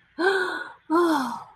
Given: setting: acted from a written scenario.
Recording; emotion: vocal sound without words; elation